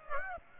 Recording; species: mosquito wingbeat signal from an infrared sensor; Aedes aegypti